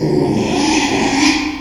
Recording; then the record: squeal of a Yucatan mini pig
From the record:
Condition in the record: after surgery on the right vocal fold (resection and tissue-engineered implant); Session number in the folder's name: 2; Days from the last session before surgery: 13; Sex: male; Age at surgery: 12 weeks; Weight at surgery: 13 kg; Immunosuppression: cyclosporine, prednisolone